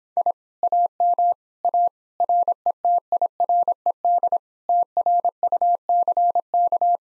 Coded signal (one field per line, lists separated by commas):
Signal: Morse code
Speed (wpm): 26 wpm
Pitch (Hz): 700 Hz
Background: none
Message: I AM A RETIRED TRUCK